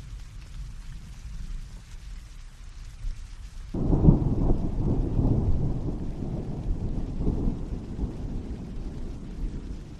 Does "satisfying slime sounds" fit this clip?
no